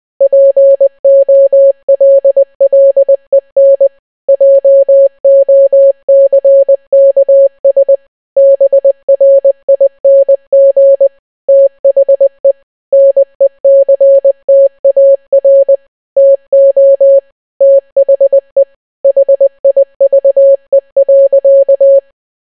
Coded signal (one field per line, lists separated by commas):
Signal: Morse code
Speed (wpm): 20 wpm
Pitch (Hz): 550 Hz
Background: none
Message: POLLEN JOCKS BRING THE NECTAR TO THE HIVE.